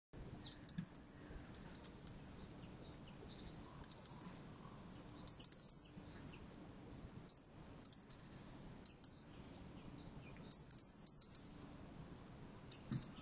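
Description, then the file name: European robin giving sharp, clicking tick notes in short bursts of a few, spaced irregularly, over a quiet background. "Erithacus rubecula"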